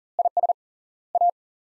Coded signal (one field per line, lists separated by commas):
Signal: Morse code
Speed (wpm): 37 wpm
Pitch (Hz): 700 Hz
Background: none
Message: IS A